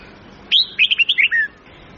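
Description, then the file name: Red-whiskered bulbul giving a single brisk phrase of about seven clear, warbled whistles, the last note drawn out and falling. Huế-style bulbul song, long phrases of 9 to 12 notes, with the phrases varied continuously. "tieng-chao-mao-hue-so-giong-dai-am-9-10-11-12-dao-giong-lien-tuc"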